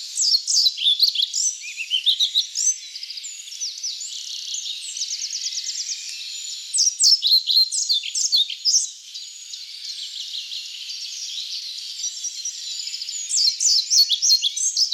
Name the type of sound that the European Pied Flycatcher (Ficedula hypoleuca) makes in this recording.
song